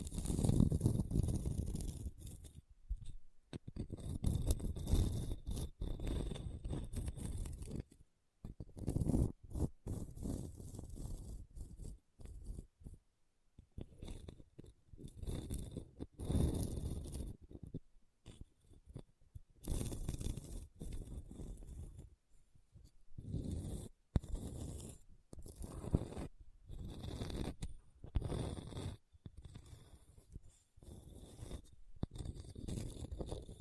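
Scratching across a hard, bumpy surface, with rough scraping strokes that start and stop in irregular bursts throughout. Strokes come in quick runs separated by short silences, each with a dull low rumble under a gritty, rasping upper edge.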